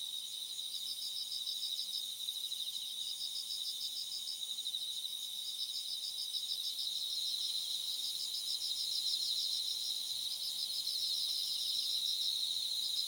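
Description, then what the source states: Insect chorus, a dense high shimmering hum with rapid pulsed trills repeating steadily and continuing unbroken throughout. Thousands of insects.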